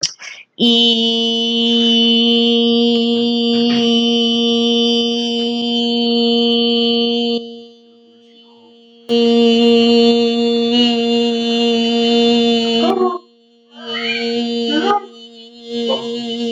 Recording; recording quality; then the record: sustained vowel as in beet; excellent, no background noise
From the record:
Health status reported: healthy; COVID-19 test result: not tested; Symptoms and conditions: none ticked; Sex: female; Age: 18 years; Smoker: not ticked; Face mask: not worn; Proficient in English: no